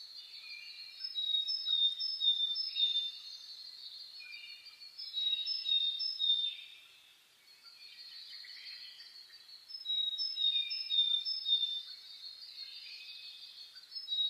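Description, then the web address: Birds in a dawn chorus, many high chirps and trills overlapping in dense bursts that swell and fade every few seconds, with a brief lull near the middle. Dawn chorus (reimei) of birdsong (saezuri) recorded on 10 May 2010. "reimei -saezuri-20100510"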